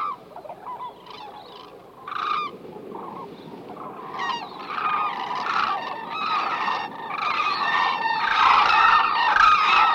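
White-naped crane calls, scattered honks at first building into a dense, loud chorus of trumpeting notes toward the end.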